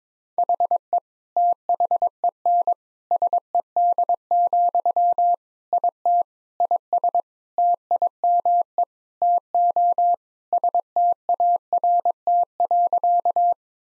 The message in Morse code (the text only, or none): HE THEN SED, IT IS TIME TO START.